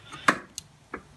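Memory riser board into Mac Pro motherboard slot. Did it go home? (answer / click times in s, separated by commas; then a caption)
no / none. A second memory riser board is pushed into its slot on a Mac Pro 3.1 motherboard, giving sharp knocks at about 0.3, 0.6 and 0.9 seconds. The board does not go home because seating it takes some force that seems to be lacking, so nothing has seated or clicked yet.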